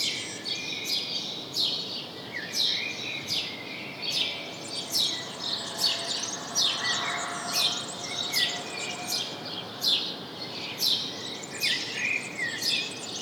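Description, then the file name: House sparrow chirping: short, sharp, high chirps repeated a little faster than once a second, somewhat irregular. "Passer domesticus"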